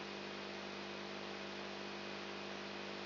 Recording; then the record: brain microelectrode recording played as sound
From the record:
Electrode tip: outside the subthalamic nucleus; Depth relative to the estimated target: -8 mm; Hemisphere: right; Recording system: AlphaMap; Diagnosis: Parkinson's disease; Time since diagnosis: 7 years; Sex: female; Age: 55 years